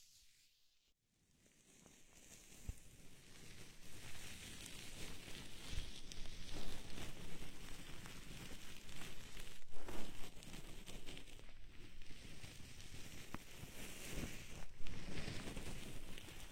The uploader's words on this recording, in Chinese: 带着蕾丝手套，按摩你的小耳朵。